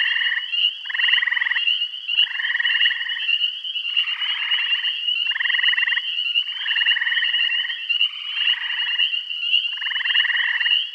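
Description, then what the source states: Frogs call in regular buzzy trilled bursts about a second long, alternating and overlapping, over a constant high hum. Bath County.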